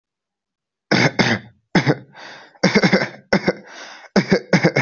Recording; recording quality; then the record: shallow voluntary cough; excellent, no background noise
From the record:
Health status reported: healthy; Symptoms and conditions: none ticked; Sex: male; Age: 27 years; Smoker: not ticked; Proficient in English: yes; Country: India